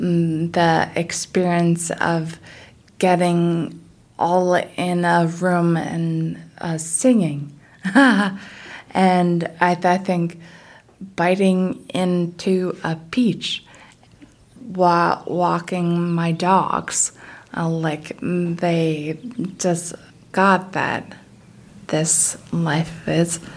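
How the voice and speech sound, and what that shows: An adult woman speaks slowly and haltingly, with stretched words, frequent pauses and fragmented phrasing, reflecting the word-finding difficulty of aphasia. She has lived with aphasia for 19 years, with difficulty with language and word finding, following a bike accident at age 18 after which she had to relearn how to think and speak.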